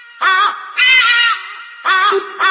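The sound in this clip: Hadeda ibis calling loudly: harsh, nasal, honking cries in four bursts, the second held longest, with no other clear sounds.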